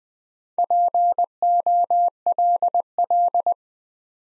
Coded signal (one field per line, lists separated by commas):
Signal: Morse code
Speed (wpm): 20 wpm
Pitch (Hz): 700 Hz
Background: none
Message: POLL